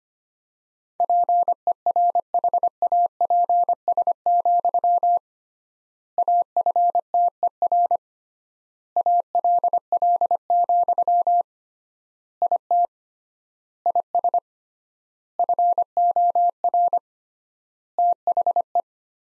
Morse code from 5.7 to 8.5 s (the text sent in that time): AFTER